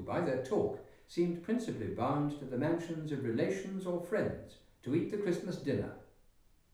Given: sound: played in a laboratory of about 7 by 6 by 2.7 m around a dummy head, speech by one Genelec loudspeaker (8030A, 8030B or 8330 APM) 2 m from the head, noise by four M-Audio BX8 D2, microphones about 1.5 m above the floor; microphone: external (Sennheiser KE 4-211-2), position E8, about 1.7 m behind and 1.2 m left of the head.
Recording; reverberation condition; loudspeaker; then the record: male speech in English; medium; 60 degrees to the left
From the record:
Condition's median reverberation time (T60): about 510 ms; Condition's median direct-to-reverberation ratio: about -0.5 dB